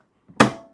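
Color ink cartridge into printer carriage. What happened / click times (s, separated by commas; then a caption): The ink cartridge snapped into place / 0.4 s. A finger presses on the front of an Eco Victor HP 63/63XL eco-friendly remanufactured color ink cartridge that has been slid into the printer carriage. Faint rustling at about 0.3 s leads into a sharp snap at 0.4 s that fades over the next few tenths of a second. The cartridge snaps into place and is seated.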